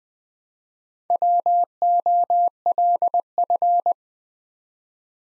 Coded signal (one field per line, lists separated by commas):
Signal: Morse code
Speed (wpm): 20 wpm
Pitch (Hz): 700 Hz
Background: none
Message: WOLF